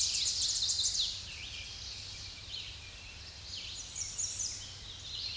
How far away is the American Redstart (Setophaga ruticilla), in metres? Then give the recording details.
about 20 m. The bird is about 15 m above the microphone. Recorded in a Pennsylvania forest on 16 May 2024 at 07:39. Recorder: AudioMoth, point MSD-2273. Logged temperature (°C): 16.0 °C. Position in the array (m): 56 m, 233 m